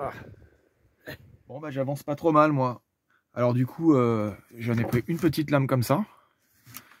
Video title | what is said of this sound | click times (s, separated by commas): (TRAVAUX)--JE FABRIQUE UNE DOUCHE DANS MON #VAN!‼️💥😱 #fourgon #vantour #vanaménagé #master | Elle se clipse un peu mal, mais ça va le faire avec les joints et tout. | 6.8 s